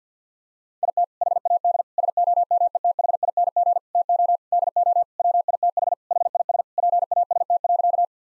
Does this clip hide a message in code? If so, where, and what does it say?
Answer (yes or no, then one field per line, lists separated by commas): yes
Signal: Morse code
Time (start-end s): 0.8-8.0 s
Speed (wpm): 50 wpm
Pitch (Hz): 700 Hz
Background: none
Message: IT HAD SOMETHING TO DO WITH HIS PAST.